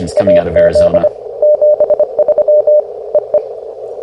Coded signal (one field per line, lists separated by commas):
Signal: Morse code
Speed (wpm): 24 wpm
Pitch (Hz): 600 Hz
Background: speech, radio noise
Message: AZ 73 EE